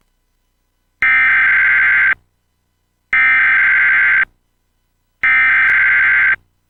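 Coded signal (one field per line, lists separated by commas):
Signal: Emergency Alert System (SAME) tones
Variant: header bursts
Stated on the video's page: Tornado warning SAME tones on an Xfinity cable system, recorded on VHS.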